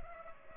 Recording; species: mosquito wingbeat signal from an infrared sensor; Culex pipiens